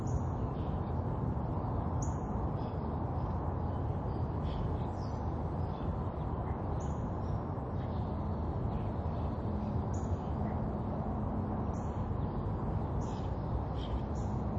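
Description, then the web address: Bird chirps, thin high notes repeating irregularly every second or two throughout, with continuous low traffic noise beneath. Urban ambience with birds chirping and distant traffic. "SFXBible ambience-urban-birds-chirp-distant-traffic"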